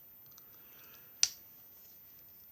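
While a plastic Transformers The Last Knight Voyager Class Megatron action figure is being transformed, its rear body section is folded into position against the torso, with faint plastic handling sounds. One sharp click at 1.2 s marks the section clipping into place.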